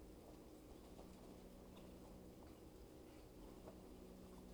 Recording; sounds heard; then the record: poultry house recording; healthy chickens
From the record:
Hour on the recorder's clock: 12